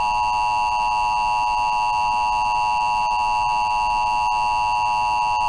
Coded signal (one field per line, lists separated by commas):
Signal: Emergency Alert System (SAME) tones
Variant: 853 and 960 Hz attention tone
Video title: EAS Scenario - AniPhobia (Full-Length)